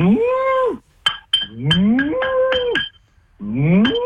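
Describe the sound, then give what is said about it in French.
A person imitates a cow, giving three long, low moos that rise and hold in pitch, as if calling cows back into the barn, with a couple of sharp clinks between the first two calls. “Tu parles dans leur langue, la langue de la vache.”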